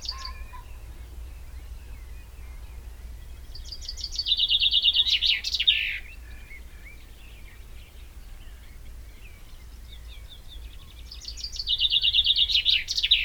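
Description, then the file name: Common chaffinch repeating its song twice, each a rapid trill finishing in a loud flourish, several seconds apart, with soft low background rumble. "Fringilla coelebs"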